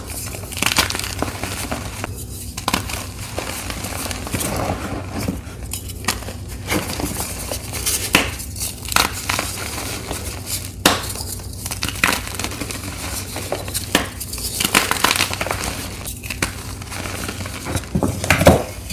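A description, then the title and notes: Gym chalk blocks are crushed, with continuous crumbly crackling and frequent sharp squeezes every second or two. Fresh & Dyed Blocks Random Gym Chalk Crushing Compilation. Nonstop asmr crushing sounds.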